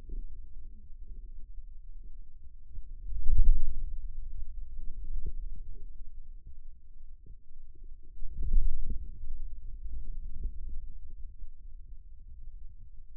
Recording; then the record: forearm muscle sounds (acoustic myography)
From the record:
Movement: inward rotation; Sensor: system 2, bracelet of six BSWA MPA416 microphones around the upper forearm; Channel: 1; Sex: male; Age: 22 years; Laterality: right